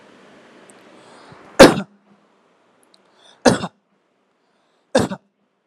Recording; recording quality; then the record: shallow voluntary cough; excellent, no background noise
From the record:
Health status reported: healthy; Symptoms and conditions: none ticked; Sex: male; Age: 37 years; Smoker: not ticked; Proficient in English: yes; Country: India